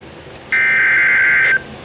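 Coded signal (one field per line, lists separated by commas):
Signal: Emergency Alert System (SAME) tones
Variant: header bursts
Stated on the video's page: Special Marine Warning on NOAA Weather Radio transmitter KIH24 Tallahassee, Florida, for coastal waters.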